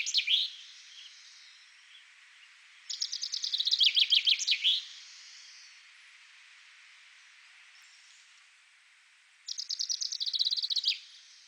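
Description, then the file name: Common chaffinch song, bright rattling phrases of descending notes ending in a flourish, two full strophes with a brief fragment at the start. "Fringilla coelebs"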